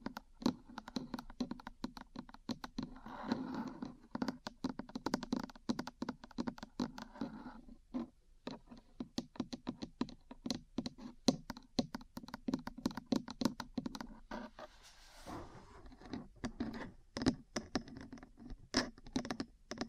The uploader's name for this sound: Metal Parts Tapping & Scratching